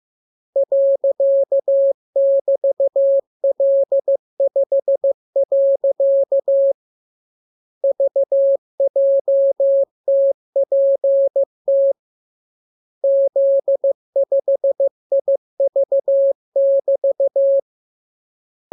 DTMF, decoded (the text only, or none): none